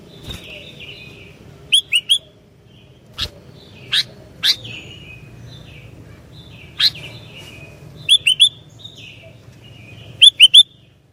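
Sooty-headed bulbul calling with bright, clipped chirps singly and in threes, irregularly spaced, over soft background twittering.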